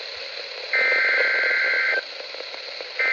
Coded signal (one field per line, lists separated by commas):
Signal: Emergency Alert System (SAME) tones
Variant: header bursts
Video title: EAS Alerts From 7/15/25: A Compilation (EAS 928-938)